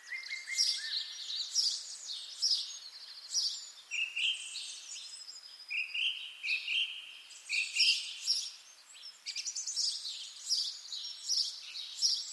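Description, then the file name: Birdsong of high chirps and twitters interspersed with flat whistled notes and short trills, phrases following one another almost continuously. "zvuki peniia ptits"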